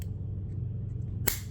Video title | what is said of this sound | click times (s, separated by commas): E30 Restoration EP10 - BMW G260 Manual Transmission Refresh With Garagistic Shifter And Bushing Kit! | pop it in like that. | 1.3 s